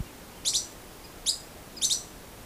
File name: canto do arredio palido